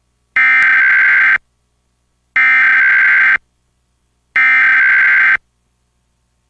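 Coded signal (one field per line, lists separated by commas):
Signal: Emergency Alert System (SAME) tones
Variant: header bursts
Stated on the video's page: National Periodic Test relayed by FM broadcast stations and a cable system, recorded from stereos and an MP3 player via microphone jack and audio recorder.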